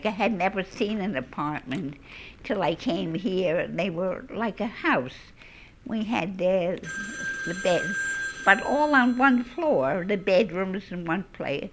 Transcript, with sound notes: I had never seen an apartment till I came here. They were like a house. We had ( a telephone rings ) a bed. But all on one floor, the bedrooms in one place.